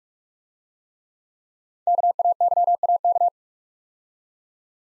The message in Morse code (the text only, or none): KAYAK